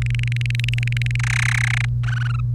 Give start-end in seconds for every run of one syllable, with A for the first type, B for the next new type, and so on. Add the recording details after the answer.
0.02-1.16 A, 1.19-1.85 B, 2.04-2.40 C. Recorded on 1 May 2018 at 11:30. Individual llb3